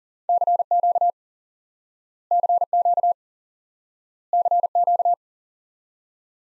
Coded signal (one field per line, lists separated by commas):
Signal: Morse code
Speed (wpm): 37 wpm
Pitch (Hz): 700 Hz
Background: none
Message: CQ CQ CQ